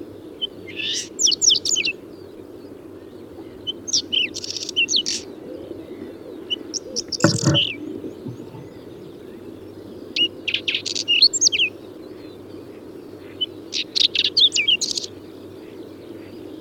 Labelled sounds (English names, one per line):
Whinchat song